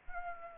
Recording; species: mosquito wingbeat signal from an infrared sensor; Anopheles arabiensis